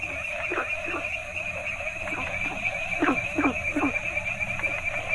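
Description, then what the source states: Frogs giving repeated falling croaks, several clustered in the second half, over a steady humming chorus. Mixed variety of Asian frog species calling together.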